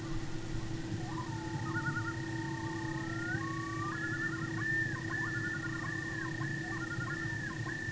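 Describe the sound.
Common loon giving wavering, laughing tremolo calls in several quick bursts over a steady low hum and faint rumbling background noise.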